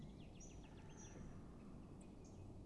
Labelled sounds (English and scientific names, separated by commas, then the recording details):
Great Spotted Woodpecker (Dendrocopos major)
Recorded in Germany
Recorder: ecoPi